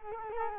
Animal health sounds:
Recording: mosquito wingbeat signal from an infrared sensor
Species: Culex quinquefasciatus

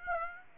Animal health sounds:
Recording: mosquito wingbeat signal from an infrared sensor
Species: Aedes aegypti

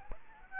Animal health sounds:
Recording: mosquito wingbeat signal from an infrared sensor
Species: Aedes aegypti

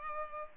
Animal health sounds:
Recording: mosquito wingbeat signal from an infrared sensor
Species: Culex pipiens

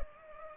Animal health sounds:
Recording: mosquito wingbeat signal from an infrared sensor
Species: Culex pipiens

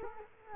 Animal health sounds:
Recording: mosquito wingbeat signal from an infrared sensor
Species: Culex quinquefasciatus

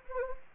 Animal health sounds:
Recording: mosquito wingbeat signal from an infrared sensor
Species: Anopheles gambiae

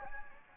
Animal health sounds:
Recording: mosquito wingbeat signal from an infrared sensor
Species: Anopheles gambiae

